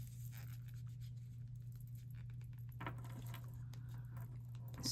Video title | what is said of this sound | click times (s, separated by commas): COFFIN, PAPER, & GHOSTS OH MY! Halloween Crochet gift idea THE YARN ROOM Ghost Lapel | that one I don't know if it clicked all the way yet but let me get get this one on | 2.8 s